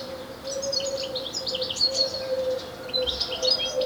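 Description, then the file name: European Goldfinch uttering quick, high tinkling notes in a loose run, over a constant low droning hum. "Carduelis carduelis"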